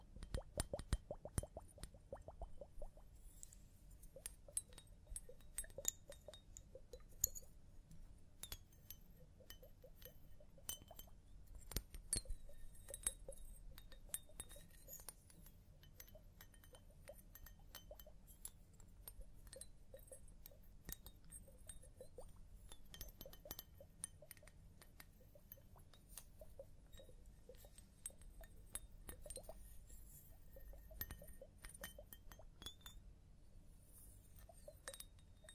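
Scalp massage and hair wash sounds: a steady low rubbing underneath constant small crisp clicks and wet taps, with a burst of rapid clicks near the start.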